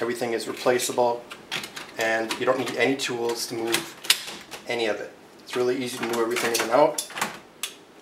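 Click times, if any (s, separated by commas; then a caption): 7.6 s. Someone talks while a removable internal module is pushed back by hand, without tools, into the chassis of an HP Z1 all-in-one workstation. A sharp latch click at 7.6 s marks the module locking into place.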